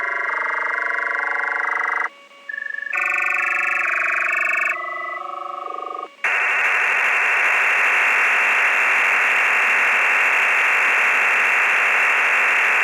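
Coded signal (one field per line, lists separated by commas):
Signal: digital SSTV (DRM)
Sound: short stepping multi-tone chords, then a steady wide rushing hiss of data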